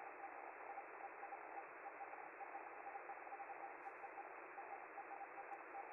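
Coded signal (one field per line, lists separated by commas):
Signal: Hellschreiber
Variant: Feld-Hell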